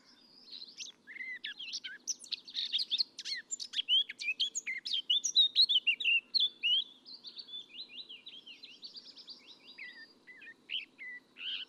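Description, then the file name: Eurasian blackcap delivering a long, rapid warble of mixed scratchy and clear notes, loudest in the middle, then tapering off with a few softer phrases. "Sylvia atricapilla"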